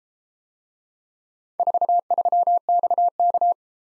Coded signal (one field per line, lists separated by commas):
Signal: Morse code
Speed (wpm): 31 wpm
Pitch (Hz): 700 Hz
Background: none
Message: 43XK